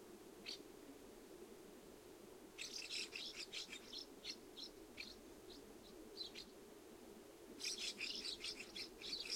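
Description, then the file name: Common house martin calls, dry high chirps in two lively twittering bursts with scattered single notes between, over a low background rumble. Recorded 20 July 2012. "Delichon urbicum - 2012-07-20"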